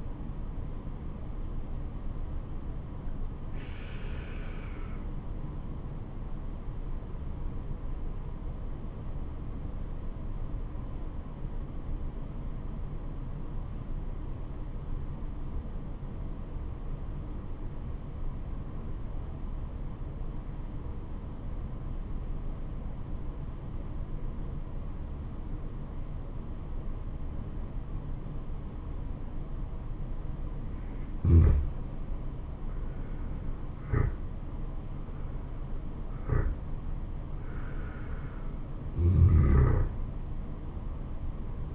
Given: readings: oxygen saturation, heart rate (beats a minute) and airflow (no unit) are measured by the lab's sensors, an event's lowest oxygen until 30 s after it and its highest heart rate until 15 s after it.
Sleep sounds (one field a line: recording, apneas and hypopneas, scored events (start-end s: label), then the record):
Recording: breathing in sleep by a smartphone at the bedside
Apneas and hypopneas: 1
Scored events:
5.00-31.20 s: obstructive apnea (N2, oxygen 96% highest, then 85% lowest, heart rate 66 at the start, 77 highest)
From the record:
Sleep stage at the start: N2 (light sleep)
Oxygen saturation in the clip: 83 to 96%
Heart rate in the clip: 65 to 77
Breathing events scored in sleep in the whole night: 426 in 7.4 hours asleep